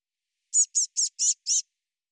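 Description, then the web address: Eurasian blue tit call: five short, high, slightly buzzy notes in quick, even succession, about four per second, against a silent background. "cianscape birddata Deverinetal 2025 File cleaned normalized Bird Cy Ca"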